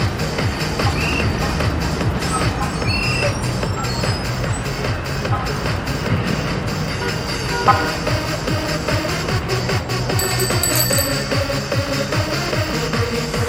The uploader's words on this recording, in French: Dans les rues de Pékin, on entend les sonnettes des vélos, le cri des marchands ambulants, la techno des salons de coiffure... Elle en a profité pour accrocher un micro au guidon de son vélo. Enregistrement : octobre 03.